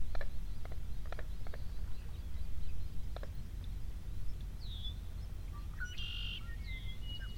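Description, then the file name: Bird calls: a few short, downward-slurred whistles and a brief buzzy burst late on. Earlier there are clicking taps, all over a steady low rumble. Mid-afternoon bird sounds, static binaural (holophonic) audio. "Platt I Mid Afternoon birds"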